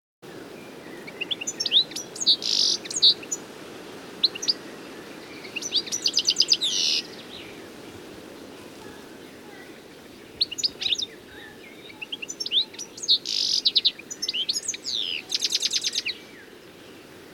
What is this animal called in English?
European Goldfinch